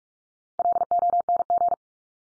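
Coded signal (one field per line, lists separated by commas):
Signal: Morse code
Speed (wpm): 44 wpm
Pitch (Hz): 700 Hz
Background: none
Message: LONG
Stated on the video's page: Drill of the 100 most common English words at 45 wpm, each sent in Morse, spoken, then sent again.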